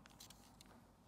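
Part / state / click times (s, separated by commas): dust cup cover on a handheld vacuum body / not seated / none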